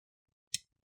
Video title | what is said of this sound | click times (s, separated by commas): How to Upgrade Storage SSD in Acer Aspire 3 A315-59-314H Laptop | slide them in, make sure it clicks nicely inside, and when you bring it down, the screw hole has to match, and | 0.5 s